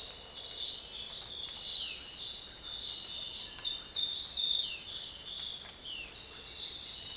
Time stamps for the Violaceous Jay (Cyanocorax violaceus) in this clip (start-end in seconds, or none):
0.00-7.17